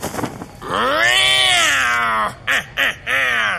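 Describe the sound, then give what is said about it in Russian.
A cat lets out a long, loud, drawn-out meow that rises and then falls in pitch, followed by two short clipped mews and one more meow. “Кот? Зачем тут кот?”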